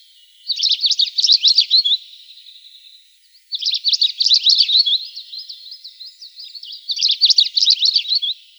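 Long-tailed rosefinch singing three bright, rapid twittering phrases, with softer high twittering between them.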